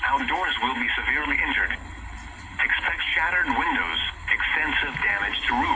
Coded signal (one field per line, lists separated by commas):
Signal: Emergency Alert System (SAME) tones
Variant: header bursts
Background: speech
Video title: INSANITY. (EAS#306-339)